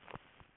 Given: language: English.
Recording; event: throat vibration sensor signal played as sound; swallow